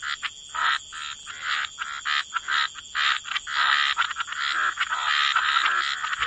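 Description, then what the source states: Frogs croaking in short harsh bursts that become a steadier, denser chorus toward the end, with a faint constant high tone. Frog chorus mixed with white noise.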